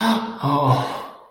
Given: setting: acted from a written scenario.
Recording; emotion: vocal sound without words; embarrassment